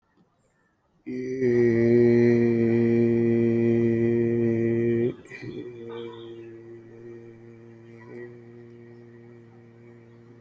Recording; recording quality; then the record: sustained vowel as in made; excellent, no background noise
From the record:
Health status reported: healthy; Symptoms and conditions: diabetes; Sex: male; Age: 50 years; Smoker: yes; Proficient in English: yes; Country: India